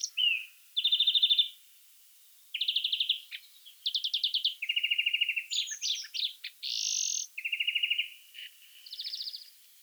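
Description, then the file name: European greenfinch giving quick rolling trills and ringing twitters, phrases shifting pitch, including a drawn-out buzzy note midway, in a run of song. "Chloris chloris"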